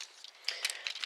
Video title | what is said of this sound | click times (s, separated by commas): Peteman Reviews ToyWorld Evila Star aka Transformers Astrotrain Part One | and put this down now put this back so that's now locked into place | 0.5 s